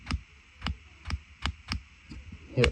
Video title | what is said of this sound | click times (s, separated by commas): Surewo magnetic quick release GoPro attachment. Absolute game changer! | and then literally twist lock, hear it clicking, and it's on there. It is solid. | 0.1 s, 0.7 s, 1.1 s, 1.5 s, 1.7 s, 2.6 s